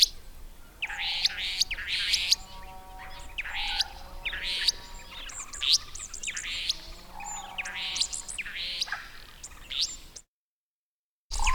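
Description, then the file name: Restless flycatcher pouring out dense buzzy upswept notes while soft low whistles weave beneath, then a brief dropout near the end. "Myiagra Inquieta"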